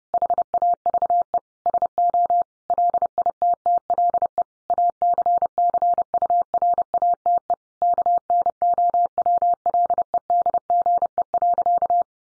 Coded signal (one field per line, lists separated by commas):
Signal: Morse code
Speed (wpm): 30 wpm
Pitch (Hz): 700 Hz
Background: none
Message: HAVE SO LITTLE ACCURATE KNOWLEDGE.